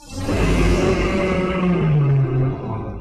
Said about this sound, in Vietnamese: Nó nuốt chửng bích lương báo rất nhanh, chớp mắt đã ăn hết phần nữa, ném xương cốt còn dính máu xuống đất rồi quay về phía mọi người gầm thét, âm thanh tựa như sấm sét.